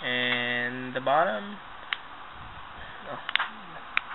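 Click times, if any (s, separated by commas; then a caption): 4.0 s. Someone talks while the bottom piece of an iFrogz Luxe hard plastic case is pressed onto an iPhone 3G, whose top part has already been slid into the case. A few light plastic taps are heard, then a sharp click at 4.0 s as the bottom piece seats, which means the case is securely fastened.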